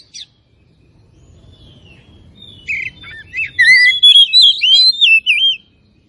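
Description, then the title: Oriental magpie-robin starting with a faint note and a thin whistle, then breaking into a loud, fast, twisting whistled phrase. Tretes; singing gacor (vigorously and continuously). "Kacer Tretes"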